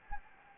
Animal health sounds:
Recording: mosquito wingbeat signal from an infrared sensor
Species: Anopheles gambiae

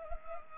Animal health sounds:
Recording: mosquito wingbeat signal from an infrared sensor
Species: Culex pipiens

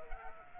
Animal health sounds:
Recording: mosquito wingbeat signal from an infrared sensor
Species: Culex quinquefasciatus

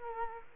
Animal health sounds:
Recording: mosquito wingbeat signal from an infrared sensor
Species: Culex quinquefasciatus

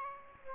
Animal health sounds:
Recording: mosquito wingbeat signal from an infrared sensor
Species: Aedes aegypti

